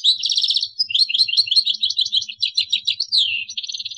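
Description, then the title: Rapid, liquid twittering goldfinch song mixing short trills and slurred chirps, delivered continuously throughout. "Chant Chardonneret"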